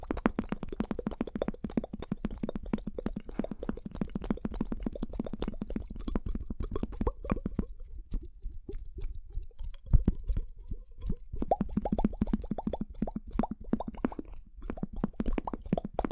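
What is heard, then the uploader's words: Gum being chewed with wet, sticky mouth sounds: dense, rapid clicks and smacks that run almost without pause. Around the middle the smacking thins briefly into sparser, softer pops before the steady chewing rhythm returns, with a sharp click near ten seconds. EXTREME Inaudible MOUTH SOUNDS Chewing Gum.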